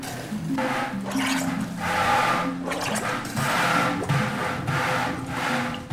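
Water gushes and splashes in rhythmic surges as a 60-year-old man works a muscle-powered treadle pump in an office building in Nairobi, Kenya, each stroke sending a loud rushing pulse into a plastic tub, with a low mechanical creak underneath.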